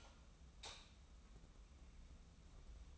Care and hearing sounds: daily activity, microphone in the room; light off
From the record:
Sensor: 1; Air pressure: 994.5 hPa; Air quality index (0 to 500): 225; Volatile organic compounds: 1000 ppm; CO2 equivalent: 8108 ppm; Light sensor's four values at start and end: 139/321/143/155 and 134/302/136/147

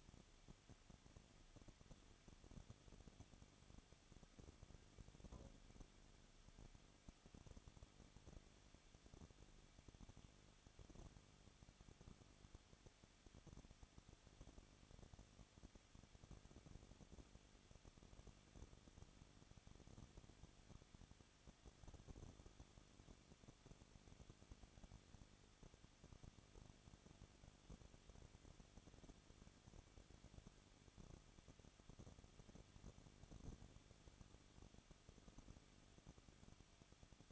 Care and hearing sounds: daily activity, microphone in the room; no activity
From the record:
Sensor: 4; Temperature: 23.0 degrees Celsius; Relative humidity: 34.4%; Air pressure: 1007.2 hPa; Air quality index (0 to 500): 216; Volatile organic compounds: 15 ppm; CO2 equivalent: 2502 ppm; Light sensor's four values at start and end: 2/3/1/1 and 2/3/1/1

